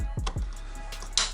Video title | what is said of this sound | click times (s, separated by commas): ОПАСНЫЙ ЯЩИК ДЛЯ ТАЙГИ !? ТОФАЛАР ТУНДРА ЛОНГ- УЛУЧШАЕТСЯ! МОРОЗЫ, НА РЫБАЛКУ НЕ ПОЕДИМ, НУ ЕГО... | щелчком, короче, как в автомобиле. До щелчка, хоп, и все. | 1.2 s